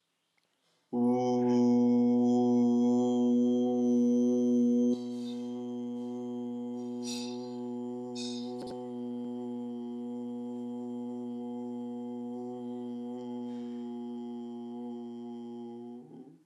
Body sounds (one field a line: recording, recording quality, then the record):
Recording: sustained vowel as in boot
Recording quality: moderate, slight background noise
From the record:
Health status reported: healthy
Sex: male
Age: 22 years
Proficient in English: yes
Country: India